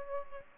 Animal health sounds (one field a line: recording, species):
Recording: mosquito wingbeat signal from an infrared sensor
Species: Aedes aegypti